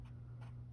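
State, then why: Not seated. The plastic gear shift lever of a vintage Remco Tiger Cat toy jeep is moved by hand toward its high-gear position, with faint handling rustles over a steady low hum and a slight brief sound near the end. Nothing has seated or clicked yet; the lever has not locked into high.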